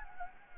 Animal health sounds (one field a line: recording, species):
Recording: mosquito wingbeat signal from an infrared sensor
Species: Anopheles gambiae